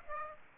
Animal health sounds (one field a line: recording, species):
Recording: mosquito wingbeat signal from an infrared sensor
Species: Aedes aegypti